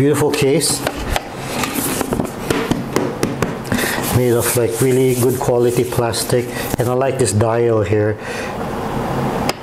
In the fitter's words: it makes a click and you can open and